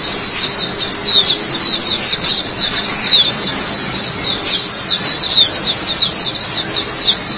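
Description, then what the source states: White-eye giving a lively, high twittering song of quick slurred notes in short bursts running together. Chirping song.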